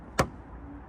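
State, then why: Seated. A plastic tail light unit on a Mini, its tabs engaged with the arrows pointing down, is pushed in on top until it snaps into its mounting in the car body. A single sharp, bright snap sounds at 0.2 s against a quiet low background hum. The tail light is seated in place.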